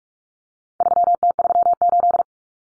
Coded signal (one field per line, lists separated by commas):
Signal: Morse code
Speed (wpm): 44 wpm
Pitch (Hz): 700 Hz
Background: none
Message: 3T38